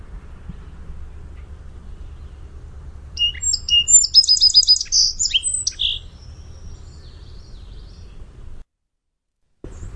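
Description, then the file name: Song sparrow singing one song midway: two or three crisp whistled notes leading into a rapid buzzy trill and a short warbled ending, with low rumble beneath. "SOSP song"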